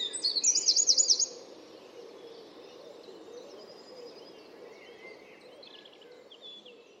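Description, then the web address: Bird call: a loud, rapid, warbling trill in the first second, then only faint, scattered high chirps against a constant low hum. "cianscape birddata Deverinetal 2025"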